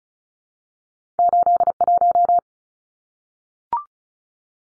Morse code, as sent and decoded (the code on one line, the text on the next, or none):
---.. .----
81